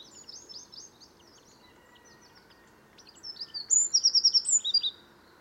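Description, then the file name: Eurasian wren song: high, rapid phrases of sharp notes, a pause, then a loud trilled burst of repeated notes amid steady low background noise. "Troglodytes troglodytes"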